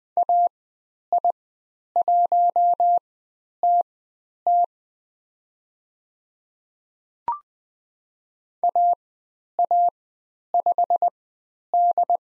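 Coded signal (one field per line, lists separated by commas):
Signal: Morse code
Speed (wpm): 20 wpm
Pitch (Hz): 700 Hz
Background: none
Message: AI1TT AA5D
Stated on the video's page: Morse code course lesson on the letter U with call sign practice, Farnsworth speed 20/10 wpm.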